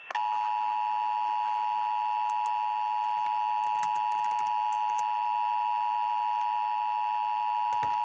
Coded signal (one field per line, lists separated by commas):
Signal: Emergency Alert System (SAME) tones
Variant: 853 and 960 Hz attention tone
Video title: EAS 609 FLW NWS Charleston WV